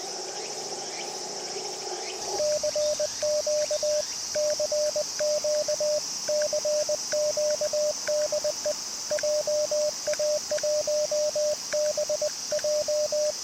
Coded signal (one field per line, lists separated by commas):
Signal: Morse code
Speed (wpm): 20 wpm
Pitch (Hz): 600 Hz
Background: radio noise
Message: CQ CQ CQ DE JA1BJ